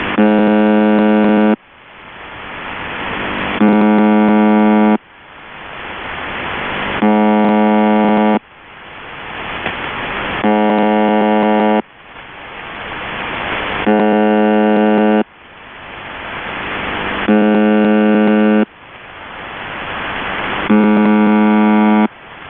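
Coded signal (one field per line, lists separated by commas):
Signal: channel marker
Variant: UVB-76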